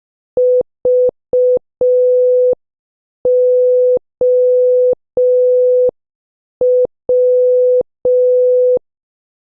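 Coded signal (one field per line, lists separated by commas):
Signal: Morse code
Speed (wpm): 5 wpm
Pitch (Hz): 500 Hz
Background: none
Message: VOW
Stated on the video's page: Morse practice words from letters O to Z, starting slow and gradually increasing speed.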